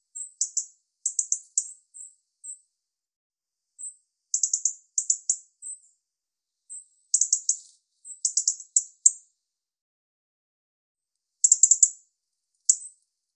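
European robin delivering a string of very high, thin phrases: clusters of rapid pulsed notes mixed with brief single pips, irregularly spaced across the recording, with a pause near the end.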